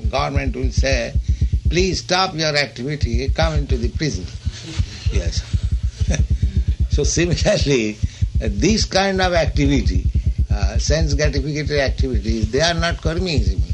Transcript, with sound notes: Government will say, "Please stop your activity. You come into the prison." Yes. [chuckles] So similarly, this kind of activity, sense-gratificatory activities, they are not karmīs even.